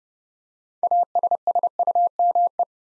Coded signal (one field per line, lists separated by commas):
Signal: Morse code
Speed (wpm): 30 wpm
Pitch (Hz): 700 Hz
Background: none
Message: ASSUME